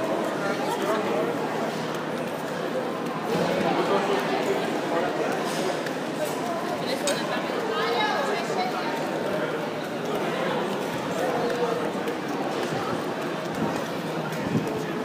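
A walk along the High Line in New York City, with many voices talking at once in a steady, dense murmur. Louder speech rises out of the crowd now and then, and a few brief clicks and knocks cut through near the end.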